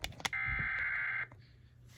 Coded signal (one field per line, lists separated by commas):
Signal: Emergency Alert System (SAME) tones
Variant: header bursts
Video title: EAS 713 TOR from NWS MPX